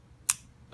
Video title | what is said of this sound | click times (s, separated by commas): Hi-Tec-C Coleto multipen review and explainer | if I want to use the red sorry the green I push it down it locks in place | 0.3 s